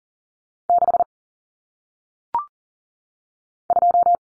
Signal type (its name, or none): Morse code